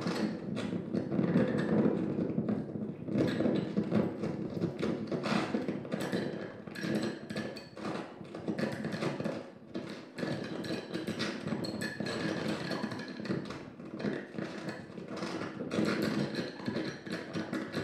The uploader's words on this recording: Tabletop improv with contact mic. Improvisation using a table top full of junk and a contact mic in my music room in Patea.